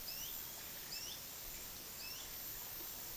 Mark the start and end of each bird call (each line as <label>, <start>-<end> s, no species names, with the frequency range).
bird call (1.8-8.0 kHz), 0.06-2.23 s